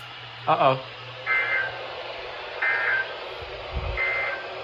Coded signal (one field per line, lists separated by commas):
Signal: Emergency Alert System (SAME) tones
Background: speech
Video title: It Just NEVER ENDS | Winter Storm Alerts from 1/4/25 (EAS #1460 - 1464)